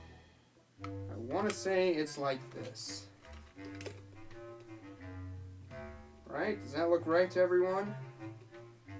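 A plastic body part of a Jurassic World: Fallen Kingdom Legacy Collection Tyrannosaurus Rex toy dinosaur figure is positioned against its mating socket while the seam is checked for alignment. Someone talks over low string-like music with light plastic handling taps. Nothing has seated or clicked yet.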